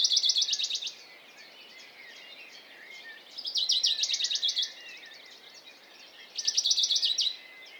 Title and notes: CHORUS DE BONELLI. 06 mai 2020-Piste aux espagnols - Valmaravel - Drôme. Pouillot de Bonelli (Phylloscopus bonelli)